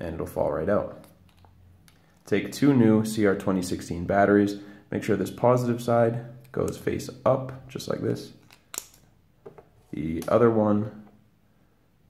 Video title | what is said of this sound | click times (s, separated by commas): Chrysler Sebring Key Fob Battery Replacement (2001 - 2006) | also positive side up right on top they both just click into place super easily | 8.8 s